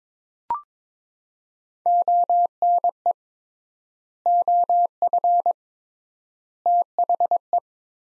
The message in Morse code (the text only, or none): ONE OF THE